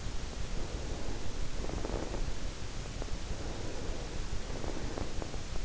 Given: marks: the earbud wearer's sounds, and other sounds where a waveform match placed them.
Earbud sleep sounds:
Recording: sounds in sleep by an in-ear microphone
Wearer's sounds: breath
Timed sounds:
0.55-2.46 s: breath
3.12-5.52 s: breath

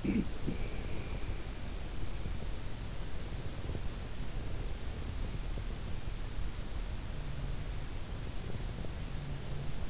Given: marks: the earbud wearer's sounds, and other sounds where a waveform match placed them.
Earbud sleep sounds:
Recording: sounds in sleep by an in-ear microphone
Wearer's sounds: cough or throat clearing or sniffle, breath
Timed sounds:
0.00-0.66 s: cough or throat clearing or sniffle
0.40-2.31 s: breath

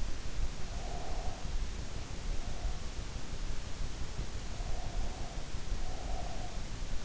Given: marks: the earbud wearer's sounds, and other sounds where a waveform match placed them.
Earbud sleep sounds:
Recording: sounds in sleep by an in-ear microphone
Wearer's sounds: breath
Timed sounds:
0.49-2.96 s: breath
4.55-6.59 s: breath

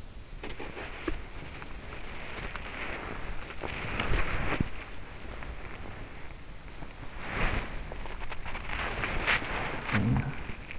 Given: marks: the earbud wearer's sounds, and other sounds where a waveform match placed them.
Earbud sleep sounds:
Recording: sounds in sleep by an in-ear microphone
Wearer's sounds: body movement, talking in sleep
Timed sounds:
0.00-6.43 s: body movement
6.66-9.67 s: body movement
9.69-10.79 s: talking in sleep

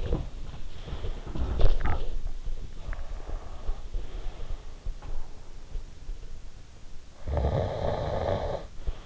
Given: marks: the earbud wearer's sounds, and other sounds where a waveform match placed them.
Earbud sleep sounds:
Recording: sounds in sleep by an in-ear microphone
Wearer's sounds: body movement, breath, snoring breath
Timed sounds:
0.29-3.82 s: body movement
2.73-4.98 s: breath
7.23-8.89 s: snoring breath

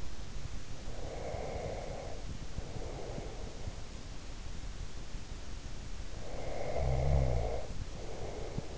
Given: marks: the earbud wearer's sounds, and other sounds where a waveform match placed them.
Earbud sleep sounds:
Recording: sounds in sleep by an in-ear microphone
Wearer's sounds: breath, snoring breath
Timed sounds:
1.02-3.67 s: breath
6.25-8.78 s: snoring breath

